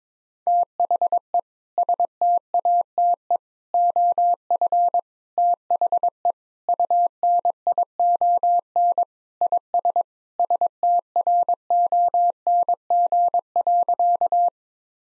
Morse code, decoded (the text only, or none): THE STATE OF THE UNION IS STRONG.